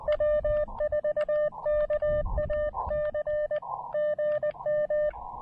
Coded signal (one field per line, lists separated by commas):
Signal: Morse code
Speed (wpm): 20 wpm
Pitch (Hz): 600 Hz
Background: none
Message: W4KAC GM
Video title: Elecraft KX2/AX2 SOTA: Insane QRP DX Using the Smallest, Most Compromised Antenna I Own!